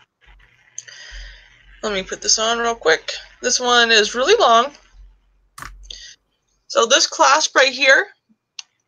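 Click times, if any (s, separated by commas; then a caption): 8.6 s. A clasp on a long rose-gold-colored necklace chain is pushed closed while someone talks, and it locks with a sharp click at 8.6 seconds. The clasp is not broken and locks as it should.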